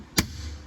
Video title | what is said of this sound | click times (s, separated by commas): WINDOW LIFT ASSEMBLY (REGULATOR AND MOTOR) REPLACEMENT on a FIAT 500 ABARTH - HOW TO! | just press it in here and you'll hear it snap and now it's secure okay | 0.2 s